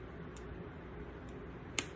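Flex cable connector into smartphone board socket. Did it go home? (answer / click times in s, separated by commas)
yes / 1.8 s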